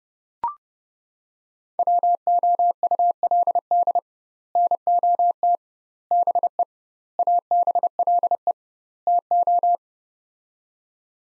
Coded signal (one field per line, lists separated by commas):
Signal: Morse code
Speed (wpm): 30 wpm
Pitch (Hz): 700 Hz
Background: none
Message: WOULD NOT BE ABLE TO